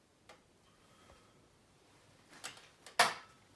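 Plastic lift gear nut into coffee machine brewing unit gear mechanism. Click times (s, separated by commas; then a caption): 3.0 s. A new plastic lift gear nut is fitted onto the threaded shaft of the brewing unit gear mechanism of a Delonghi coffee machine, replaced to fix rattling, squeaking and grinding. A faint tick at 0.3 s and small knocks around 2.5 and 2.9 s lead to a sharp, loud knock at 3.0 s as the nut drops and seats in place.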